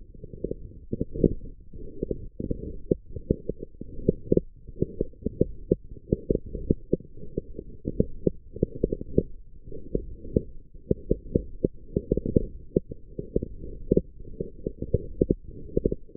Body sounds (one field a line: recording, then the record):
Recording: forearm muscle sounds (acoustic myography)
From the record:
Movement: forearm supination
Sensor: system 1, eight BSWA MPA416 microphones around the upper forearm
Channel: 6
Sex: female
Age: 21 years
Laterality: right